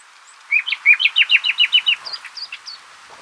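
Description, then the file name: Common nightingale song phrase: a quick, even run of about ten loud repeated slurred notes, ending in a few higher whistles. "Luscinia megarhynchos"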